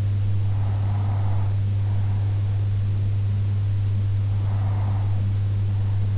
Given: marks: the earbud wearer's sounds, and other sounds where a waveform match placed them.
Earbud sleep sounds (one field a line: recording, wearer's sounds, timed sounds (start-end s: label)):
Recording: sounds in sleep by an in-ear microphone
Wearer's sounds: breath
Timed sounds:
0.19-2.19 s: breath
4.19-6.18 s: breath